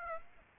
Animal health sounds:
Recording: mosquito wingbeat signal from an infrared sensor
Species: Aedes aegypti

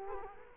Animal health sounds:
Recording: mosquito wingbeat signal from an infrared sensor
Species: Culex quinquefasciatus

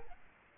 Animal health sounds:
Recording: mosquito wingbeat signal from an infrared sensor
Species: Aedes albopictus

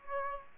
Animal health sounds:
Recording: mosquito wingbeat signal from an infrared sensor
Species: Aedes aegypti

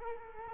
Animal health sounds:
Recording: mosquito wingbeat signal from an infrared sensor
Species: Culex quinquefasciatus

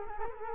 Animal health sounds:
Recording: mosquito wingbeat signal from an infrared sensor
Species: Culex quinquefasciatus

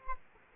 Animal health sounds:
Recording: mosquito wingbeat signal from an infrared sensor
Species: Aedes aegypti

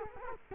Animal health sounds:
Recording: mosquito wingbeat signal from an infrared sensor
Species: Culex quinquefasciatus

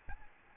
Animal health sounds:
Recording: mosquito wingbeat signal from an infrared sensor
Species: Aedes albopictus

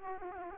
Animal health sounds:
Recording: mosquito wingbeat signal from an infrared sensor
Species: Aedes aegypti

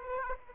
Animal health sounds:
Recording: mosquito wingbeat signal from an infrared sensor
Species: Aedes aegypti

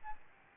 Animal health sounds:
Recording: mosquito wingbeat signal from an infrared sensor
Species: Aedes albopictus

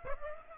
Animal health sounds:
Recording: mosquito wingbeat signal from an infrared sensor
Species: Aedes aegypti

